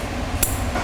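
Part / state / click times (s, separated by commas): RJ45 ethernet plug into security camera network jack / seated / 0.4 s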